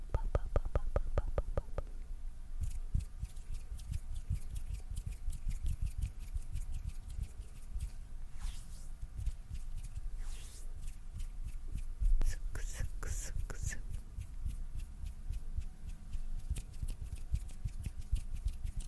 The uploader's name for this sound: ASMR MOUTH SOUNDS CLOSE UP WHISPERING + HAND SOUNDS